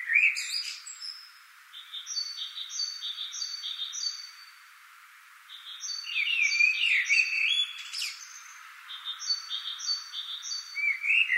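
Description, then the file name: Common blackbird song: fluted warbling phrases with squeaky high notes, alternating with sets of repeated paired chirps, separated by brief quiet gaps. "Turdus merula"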